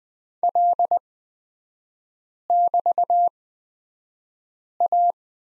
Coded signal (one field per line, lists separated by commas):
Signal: Morse code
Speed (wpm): 20 wpm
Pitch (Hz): 700 Hz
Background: none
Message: L<BT>A